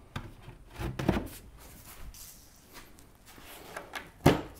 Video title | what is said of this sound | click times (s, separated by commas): How to Build/Modify RTA Cabinets! Ep. 13 | you go it just clicks into place see how nice and tight that joinery is really like that | 4.3 s